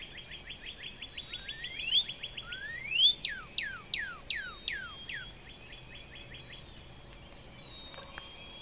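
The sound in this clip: Northern Cardinal song: quick run of short repeated whistles, then loud sweeping upslurred and downslurred notes, fading into softer repeated phrases.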